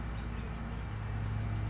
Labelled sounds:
California Towhee (Melozone crissalis)
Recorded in Sonoma County, California

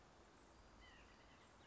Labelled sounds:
White-breasted Nuthatch (Sitta carolinensis)
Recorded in Sonoma County, California

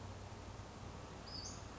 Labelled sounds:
Western Flycatcher (Empidonax difficilis)
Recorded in Sonoma County, California

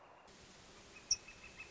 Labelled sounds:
Northern Flicker (Colaptes auratus)
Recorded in Sonoma County, California

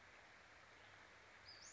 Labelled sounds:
Western Flycatcher (Empidonax difficilis)
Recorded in Sonoma County, California

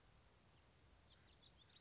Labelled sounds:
House Finch (Haemorhous mexicanus)
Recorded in Sonoma County, California

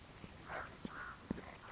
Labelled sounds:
Common Raven (Corvus corax)
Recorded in Sonoma County, California

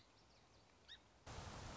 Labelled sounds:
Song Sparrow (Melospiza melodia)
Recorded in Sonoma County, California

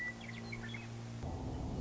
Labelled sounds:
Western Meadowlark (Sturnella neglecta)
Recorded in Sonoma County, California

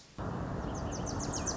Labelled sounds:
Wilson's Warbler (Cardellina pusilla)
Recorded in Sonoma County, California

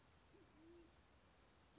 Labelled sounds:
Band-tailed Pigeon (Patagioenas fasciata)
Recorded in Sonoma County, California

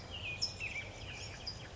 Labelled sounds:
California Towhee (Melozone crissalis)
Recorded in Sonoma County, California

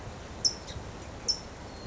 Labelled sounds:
California Towhee (Melozone crissalis)
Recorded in Sonoma County, California

